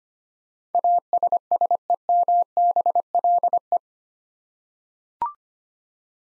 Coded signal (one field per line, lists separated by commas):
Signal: Morse code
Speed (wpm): 25 wpm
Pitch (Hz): 700 Hz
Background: none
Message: ASSEMBLE